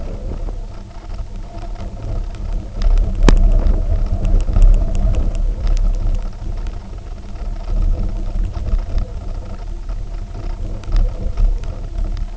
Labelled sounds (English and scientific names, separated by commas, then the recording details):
none
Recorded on Arctic tundra, site UTQI-0, on 19 June 2018
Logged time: 02:00